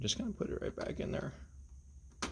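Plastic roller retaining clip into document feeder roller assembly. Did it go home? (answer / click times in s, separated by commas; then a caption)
yes / 2.2 s. Someone talks while a small plastic retaining clip, held by its handle, is put back over the separation roller shaft in the automatic document feeder of a C3503 and pushed down. The clip snaps into place with a sharp click at 2.2 s, seating it on the roller assembly.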